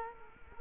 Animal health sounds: mosquito wingbeat signal from an infrared sensor; Culex quinquefasciatus

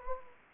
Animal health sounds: mosquito wingbeat signal from an infrared sensor; Anopheles gambiae

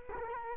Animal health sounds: mosquito wingbeat signal from an infrared sensor; Culex quinquefasciatus

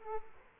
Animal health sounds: mosquito wingbeat signal from an infrared sensor; Aedes aegypti

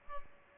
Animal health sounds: mosquito wingbeat signal from an infrared sensor; Aedes albopictus

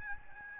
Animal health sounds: mosquito wingbeat signal from an infrared sensor; Aedes albopictus

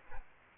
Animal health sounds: mosquito wingbeat signal from an infrared sensor; Aedes aegypti

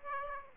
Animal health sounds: mosquito wingbeat signal from an infrared sensor; Aedes aegypti

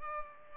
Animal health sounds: mosquito wingbeat signal from an infrared sensor; Culex pipiens

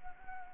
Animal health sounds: mosquito wingbeat signal from an infrared sensor; Anopheles arabiensis

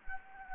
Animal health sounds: mosquito wingbeat signal from an infrared sensor; Anopheles gambiae

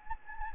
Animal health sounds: mosquito wingbeat signal from an infrared sensor; Anopheles gambiae

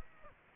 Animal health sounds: mosquito wingbeat signal from an infrared sensor; Aedes aegypti

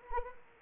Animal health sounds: mosquito wingbeat signal from an infrared sensor; Anopheles arabiensis

